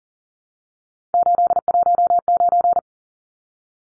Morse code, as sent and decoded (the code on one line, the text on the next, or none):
---.. .---- ----.
819